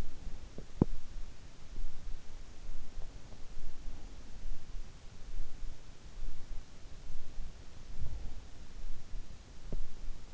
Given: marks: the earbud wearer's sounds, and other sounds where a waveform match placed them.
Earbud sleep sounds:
sounds in sleep by an in-ear microphone; teeth grinding
0.00-1.55 s: teeth grinding
9.19-10.34 s: teeth grinding

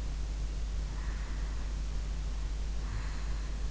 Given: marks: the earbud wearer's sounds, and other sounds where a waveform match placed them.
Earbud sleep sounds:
sounds in sleep by an in-ear microphone; breath
0.95-3.63 s: breath

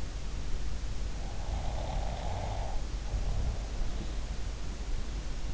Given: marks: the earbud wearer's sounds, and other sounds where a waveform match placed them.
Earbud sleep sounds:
sounds in sleep by an in-ear microphone; snoring breath
1.26-4.18 s: snoring breath

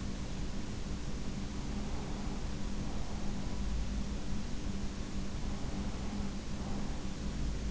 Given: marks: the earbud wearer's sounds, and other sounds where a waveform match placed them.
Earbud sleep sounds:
sounds in sleep by an in-ear microphone; breath
1.49-3.61 s: breath
5.38-7.04 s: breath

